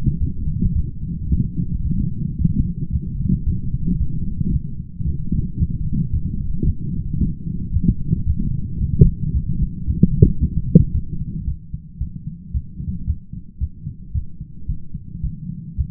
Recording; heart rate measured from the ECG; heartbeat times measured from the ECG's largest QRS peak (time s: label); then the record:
heart sounds by stethoscope; 112 bpm
0.21 s: heartbeat
0.75 s: heartbeat
1.30 s: heartbeat
1.84 s: heartbeat
2.39 s: heartbeat
2.93 s: heartbeat
3.46 s: heartbeat
4.00 s: heartbeat
4.53 s: heartbeat
5.06 s: heartbeat
5.60 s: heartbeat
6.13 s: heartbeat
6.67 s: heartbeat
7.20 s: heartbeat
7.74 s: heartbeat
8.27 s: heartbeat
8.81 s: heartbeat
9.34 s: heartbeat
9.87 s: heartbeat
10.41 s: heartbeat
10.94 s: heartbeat
11.47 s: heartbeat
12.01 s: heartbeat
12.54 s: heartbeat
13.07 s: heartbeat
13.61 s: heartbeat
14.15 s: heartbeat
14.69 s: heartbeat
15.23 s: heartbeat
15.78 s: heartbeat
From the record:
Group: healthy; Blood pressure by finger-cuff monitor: 118/49 mmHg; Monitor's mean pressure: 68 mmHg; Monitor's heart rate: 111 bpm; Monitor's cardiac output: 12.9 L/min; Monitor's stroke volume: 119 mL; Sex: male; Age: 19 years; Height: 178 cm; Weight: 83 kg